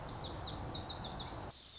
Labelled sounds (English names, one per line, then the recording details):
Lazuli Bunting
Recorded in Sonoma County, California